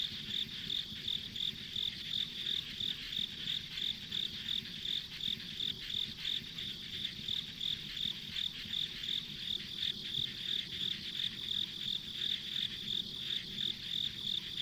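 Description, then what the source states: Insects calling: a continuous high pulsed chirping at a steady fast rhythm, with a broad shimmering hum underneath. Ambient insect sounds recorded on a country road.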